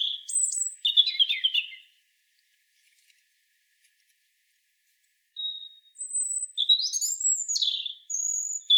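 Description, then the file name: European robin song in two phrases split by a pause of several seconds: a high whistle then a rapid jumbled warble, later thin drawn-out whistles mixed with tumbling notes. "Erithacus rubecula"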